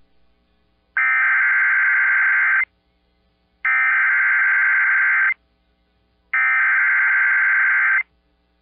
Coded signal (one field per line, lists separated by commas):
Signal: Emergency Alert System (SAME) tones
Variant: header bursts